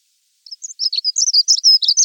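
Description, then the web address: Bird song, a quick, high twittering run of short chirps and warbled notes, starting sparse and growing denser and louder toward the end. "voegel stimmen 221"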